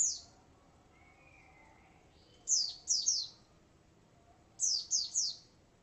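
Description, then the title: White-eye song: very high, thin descending chirps, first a single note, then two quick bursts of three sliding notes each. "Pleci"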